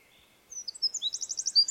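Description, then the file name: Eurasian wren singing: a half-second pause, then shrill high whistles leading into a quick, even, rattling trill. "Troglodytes troglodytes"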